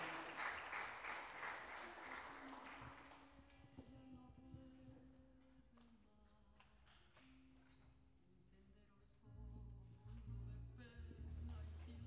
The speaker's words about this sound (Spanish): Un aplauso. Un aplauso grande para este joven luchador de la comunidad de Huichí de Santa María.